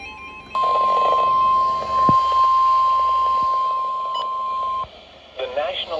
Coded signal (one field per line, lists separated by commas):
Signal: Emergency Alert System (SAME) tones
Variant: 1050 Hz attention tone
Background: speech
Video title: INTO THE NIGHT… EAS ALERTS FROM 5/25/23 (EAS#186-205)